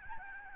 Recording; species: mosquito wingbeat signal from an infrared sensor; Aedes albopictus